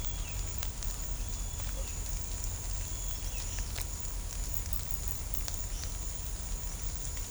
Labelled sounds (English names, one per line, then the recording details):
none
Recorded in shrubland near Pivijay, Magdalena, Colombia, on 1 June 2023 at 18:00
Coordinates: 10.453, -74.365
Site P5-G022